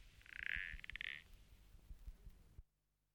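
Frog calling with a brief pair of rattling, buzzy croaks early on, followed by low background noise and scattered clicks before silence.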